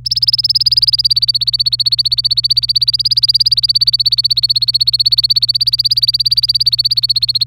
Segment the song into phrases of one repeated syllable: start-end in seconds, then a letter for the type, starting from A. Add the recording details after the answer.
0.05-7.46 A. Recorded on 25 April 2018 at 14:06. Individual llb3